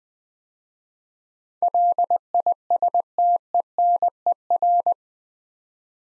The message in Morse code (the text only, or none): LISTENER